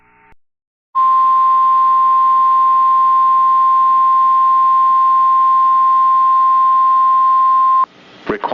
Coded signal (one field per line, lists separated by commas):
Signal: Emergency Alert System (SAME) tones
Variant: 1050 Hz attention tone